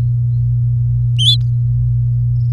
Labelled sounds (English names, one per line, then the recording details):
Domestic Canary song
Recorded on 4 May 2018 at 10:52
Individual llb16